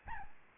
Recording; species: mosquito wingbeat signal from an infrared sensor; Aedes albopictus